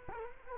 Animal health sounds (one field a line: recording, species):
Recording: mosquito wingbeat signal from an infrared sensor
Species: Culex quinquefasciatus